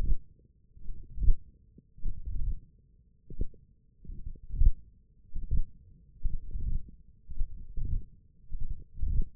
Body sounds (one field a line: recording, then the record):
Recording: forearm muscle sounds (acoustic myography)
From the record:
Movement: wrist extension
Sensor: system 1, eight BSWA MPA416 microphones around the upper forearm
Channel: 4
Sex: male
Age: 21 years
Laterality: right